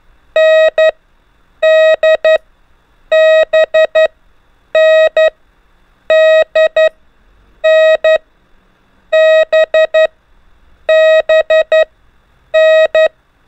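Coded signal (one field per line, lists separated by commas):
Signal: Morse code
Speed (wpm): 11 wpm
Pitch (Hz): 630 Hz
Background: none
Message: N D B N D N B B N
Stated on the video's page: Morse lesson drilling the letters N, D and B in groups at increasing speed, with music.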